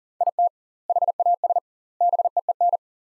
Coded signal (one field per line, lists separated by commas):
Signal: Morse code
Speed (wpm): 37 wpm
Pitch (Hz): 700 Hz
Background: none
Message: IT HAS BEEN